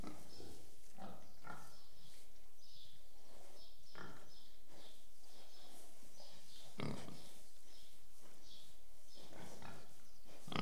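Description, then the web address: Several pigs giving harsh low grunts and snorts, one louder squealing grunt near the middle, amid steady background rustle. Pigs in a shed. "The BBC Sound Effects Library. Pigs in shed"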